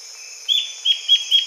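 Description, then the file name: Bird giving a few short bright chip notes in quick succession over a constant thin high hiss. "SABIOD 50 bird 2015"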